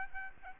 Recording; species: mosquito wingbeat signal from an infrared sensor; Aedes albopictus